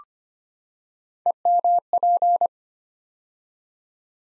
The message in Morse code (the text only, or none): EMP